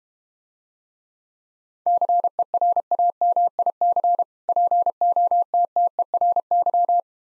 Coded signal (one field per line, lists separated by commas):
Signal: Morse code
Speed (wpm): 32 wpm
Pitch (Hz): 700 Hz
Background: none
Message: CERAMIC POTTERY